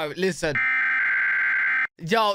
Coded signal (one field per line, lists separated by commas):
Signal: Emergency Alert System (SAME) tones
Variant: header bursts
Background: speech